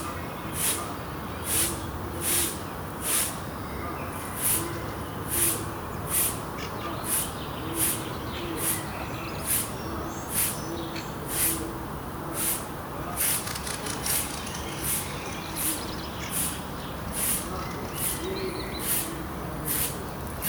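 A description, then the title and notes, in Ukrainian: Early morning in a city market square, with a steady low hum of traffic underneath. A bright, sharp chirp repeats regularly about once a second from start to finish, over faint murmuring in the background. Ранок на Площі Ринок, Львів. Місто ще тільки прокидається. Біля Ратуші поодинокі перехожі.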